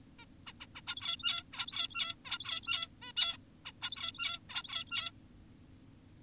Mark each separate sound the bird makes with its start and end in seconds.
0.19-0.26, 0.47-0.53, 0.61-0.66, 0.76-0.81, 0.88-1.43, 1.53-2.15, 2.25-2.88, 3.02-3.12, 3.17-3.37, 3.66-3.72, 3.82-4.39, 4.50-5.11